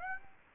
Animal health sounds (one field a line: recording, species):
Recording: mosquito wingbeat signal from an infrared sensor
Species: Aedes aegypti